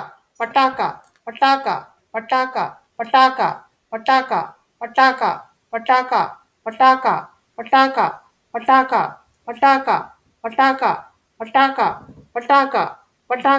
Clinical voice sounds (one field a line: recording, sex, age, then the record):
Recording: repeated syllables /pa ta ka/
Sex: female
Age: 40 to 49 years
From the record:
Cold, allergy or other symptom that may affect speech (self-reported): no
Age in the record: 42 years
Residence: Indiana, United States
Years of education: 16